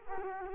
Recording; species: mosquito wingbeat signal from an infrared sensor; Culex quinquefasciatus